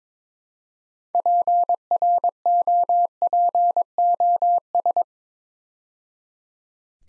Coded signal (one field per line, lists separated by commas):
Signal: Morse code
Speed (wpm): 21 wpm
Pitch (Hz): 700 Hz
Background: none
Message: PROPOS